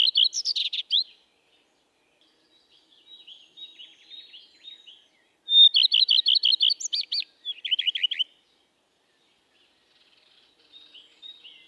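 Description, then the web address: Common redstart singing: a short burst, quiet twittering, then a phrase opening with a pure whistle, a rapid run of repeated notes and a varied jumbled finish. "bioakusztika bioakusztika kertirozsdafarku"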